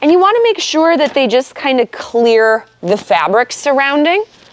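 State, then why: Not seated. Someone talks while lining up the red connector ends of an anti-rebound bar with the holes under the cup holder of a Romer Nexa All-in-One convertible car seat base, making sure they clear the surrounding fabric before pushing in. The bar is only being handled; nothing has seated or clicked yet.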